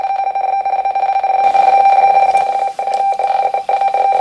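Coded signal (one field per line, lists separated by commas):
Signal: RTTY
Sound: continuous buzzy warbling tone near 800 Hz, rapidly keyed, with harsh overtones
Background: radio static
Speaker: it's not very easy to read and the text is all wrong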